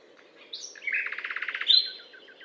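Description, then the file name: Common nightingale phrase: a whistle leads into a rapid, even series of repeated throbbing notes, ending in a sharp high note. Recorded on a limestone hill, Butte calcaire de Gratacap, France, on 19 May 2012. "rossignol philomele Butte calcaire de Gratacap"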